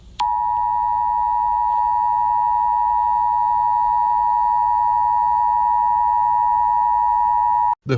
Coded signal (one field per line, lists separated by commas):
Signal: Emergency Alert System (SAME) tones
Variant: 853 and 960 Hz attention tone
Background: speech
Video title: EAS Scenario - Hell REMASTERED (RE-UPLOAD)